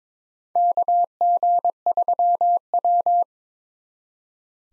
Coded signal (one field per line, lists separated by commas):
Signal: Morse code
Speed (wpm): 22 wpm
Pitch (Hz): 700 Hz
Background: none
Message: KG3W